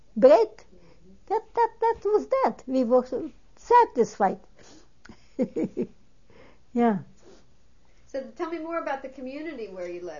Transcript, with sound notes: bread. That was that. We were satisfied. (She laughs.) Yeah.
Tell me more about the community where you lived.